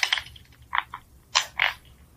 Somebody actually recorded sleeping teeth grinding. It sounds like someone taking a plastic bottle and squeezing it.